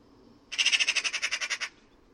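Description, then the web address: A bird gives a rapid rattling series of about twelve harsh, even pulses lasting just over a second, then stops. "cianscape birddata Deverinetal"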